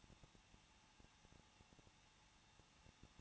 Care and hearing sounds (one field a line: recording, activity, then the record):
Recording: daily activity, microphone in the room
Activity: no activity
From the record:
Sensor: 1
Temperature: 20.1 degrees Celsius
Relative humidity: 39.1%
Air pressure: 1006.6 hPa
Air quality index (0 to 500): 216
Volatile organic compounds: 72 ppm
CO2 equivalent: 3537 ppm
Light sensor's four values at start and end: 1/2/1/1 and 1/2/1/1